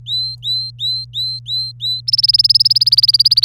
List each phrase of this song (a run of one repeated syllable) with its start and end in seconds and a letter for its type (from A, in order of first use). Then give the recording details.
0.00-2.00 A, 2.07-3.44 B. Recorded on 26 April 2018 at 17:05. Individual llb3